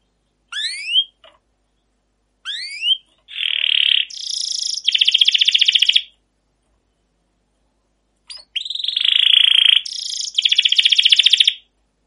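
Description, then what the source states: Canary song: rising whistled notes, then sustained buzzy trills and rapid rattling phrases, a pause, then more long trilled phrases. Canary song used as a prompting song to stimulate other canaries; long rolling trills with 'cuit cuit' notes.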